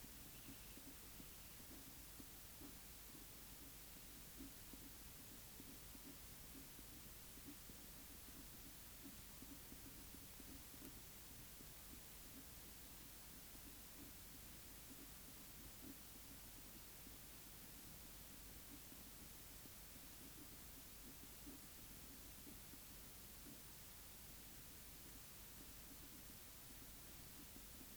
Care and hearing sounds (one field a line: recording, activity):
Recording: daily activity, guitar pickup as the sensor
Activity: write